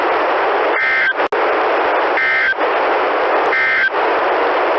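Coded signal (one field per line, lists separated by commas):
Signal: Emergency Alert System (SAME) tones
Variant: end-of-message bursts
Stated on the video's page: Weekly EAS tests received from broadcast radio stations.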